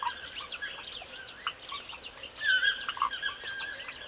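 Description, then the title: Birds singing in a lively chorus, with fast chirps, warbled notes and a few clear whistled slurs, one phrase louder near the middle, over a constant high-pitched hiss. Morning birdsong in a forest. "Звуки птиц в лесу. Morning birdsong in the forest"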